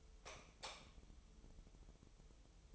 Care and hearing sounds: daily activity, microphone in the room; light off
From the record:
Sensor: 1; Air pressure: 988.4 hPa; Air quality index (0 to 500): 198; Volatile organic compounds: 1000 ppm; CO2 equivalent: 5301 ppm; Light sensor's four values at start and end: 12/38/14/16 and 8/22/9/10

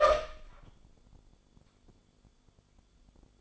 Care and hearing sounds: daily activity, microphone in the room; open door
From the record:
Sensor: 5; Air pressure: 1015.3 hPa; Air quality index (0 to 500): 209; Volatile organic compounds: 11 ppm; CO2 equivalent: 2268 ppm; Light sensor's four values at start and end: 35/80/32/31 and 35/80/32/31

